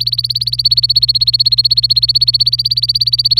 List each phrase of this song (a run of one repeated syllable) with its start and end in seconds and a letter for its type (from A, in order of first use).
0.00-3.39 A